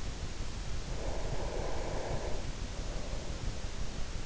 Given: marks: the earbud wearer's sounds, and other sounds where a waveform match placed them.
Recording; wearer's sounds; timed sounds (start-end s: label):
sounds in sleep by an in-ear microphone; breath
0.70-3.40 s: breath